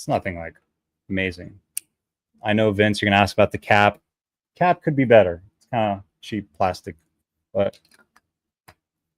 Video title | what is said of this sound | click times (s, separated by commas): Wednesday Fragrance Discussion / Smelling Live! | it does click into place and you can pick it up from the cap. | 8.2 s, 8.7 s